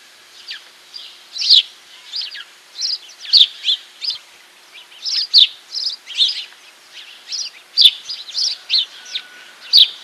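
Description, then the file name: House sparrow chirping, short bright chirps and cheeps repeated in an irregular run, some notes louder, against a quiet background. "Passer domesticus"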